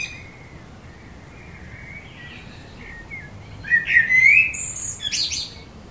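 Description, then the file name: Common blackbird song: a soft, faint opening warble, then a louder fluted phrase ending in high, scratchy squeaks. "Turdus merula"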